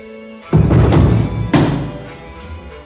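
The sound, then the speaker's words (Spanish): The door of room 319 is shut firmly by a male nurse, making two heavy, low thunks about a second apart, the second slightly softer, each trailing off into a dull resonance. No one speaks. “Enfermero, asegure bien esa puerta.”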